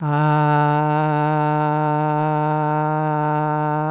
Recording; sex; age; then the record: sustained vowel /a/; female; 50 to 59 years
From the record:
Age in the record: 57 years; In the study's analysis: included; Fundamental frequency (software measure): 152 Hz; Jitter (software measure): 0.34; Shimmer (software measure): 0.91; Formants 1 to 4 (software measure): 847 Hz, 1442 Hz, 2684 Hz, 3748 Hz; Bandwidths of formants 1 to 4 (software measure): 118 Hz, 213 Hz, 270 Hz, 207 Hz